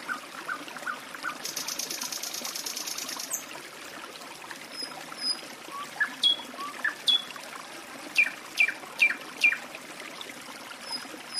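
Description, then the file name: Nightingale: a high buzzy rattle, then sharp whip-like descending whistles repeated several times, over a constant trickle of water. Sung beside a forest stream. "Penie ptic - Solovej u lesnogo ruchya"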